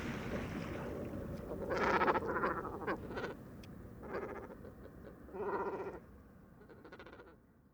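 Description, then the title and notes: Great cormorants giving harsh, guttural croaking bursts in several separate outbursts, with quieter gaps and a steady low rumble underneath. Roost at dusk on the shore of Vaccarès, Camargue, 4 January 2020; birds gather on fishermen's posts, squabbling constantly over too little space until nightfall; distant car murmur; mkh40 microphone. "Dortoir de Grands cormorans. 04 janvier 2020-Bord du Vaccarès - Camargue"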